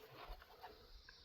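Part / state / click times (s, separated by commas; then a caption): wiring harness connector into ignition coil / not seated / none. A wiring harness connector is handled as it is brought back to the ignition coil on the engine of a 2011–2015 Chevy Cruze during a valve cover gasket replacement. Quiet handling noise is heard, with two brief, faint ticks near 0.4 and 1.1 seconds. The connector has not clicked into place yet.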